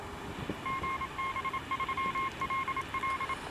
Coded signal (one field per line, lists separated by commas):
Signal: Morse code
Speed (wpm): 27 wpm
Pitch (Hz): 1070 Hz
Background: none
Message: GB3LL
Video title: Camping (It,s all about the Ham)